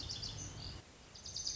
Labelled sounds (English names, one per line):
Lazuli Bunting